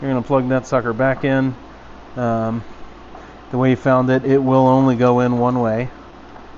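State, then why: Not seated. The wiring harness connector on a 2024 Indian Sport Chief motorcycle is being handled to plug back into its socket on the Stage 1 intake during installation, while someone talks over a low steady background hum. Nothing has seated or clicked yet; the connector is not yet home when the clip ends.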